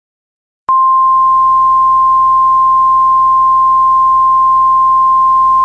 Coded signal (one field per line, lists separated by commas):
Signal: Emergency Alert System (SAME) tones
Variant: 1050 Hz attention tone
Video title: *VALID TONES* EAS Scenario #2 - North Central Georgia Tornado Warning